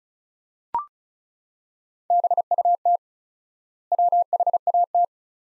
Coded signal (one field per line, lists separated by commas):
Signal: Morse code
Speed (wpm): 36 wpm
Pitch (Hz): 700 Hz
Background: none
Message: BUT WHAT